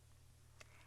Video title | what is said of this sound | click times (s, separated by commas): imagePROGRAF 17" & 24" installation 2008. For Canon support call 800-423-2366. | next attach the output tray by aligning it with the guides and inserting it into the printer until it locks into place | 0.6 s